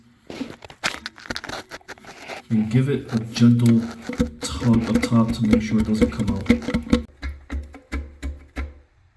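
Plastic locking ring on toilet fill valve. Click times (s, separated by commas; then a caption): 1.1 s, 1.3 s. A plastic ring at the bottom of a toilet fill valve is slid down until it locks into place, with sharp plastic clicks at about 1.1 and 1.3 seconds. Someone talks as the valve gets a gentle tug to check it holds, and a few more sharp clicks follow near the end.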